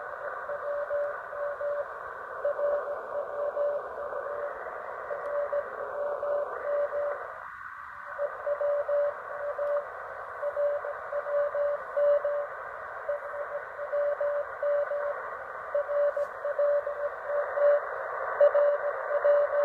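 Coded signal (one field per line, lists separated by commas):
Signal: radio time signal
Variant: RWM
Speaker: I'm receiving RWM Moscow on 9.996 megahertz, which is a 5 kilowatt transmission, not quite as strong as 14.996. And it's just come back on.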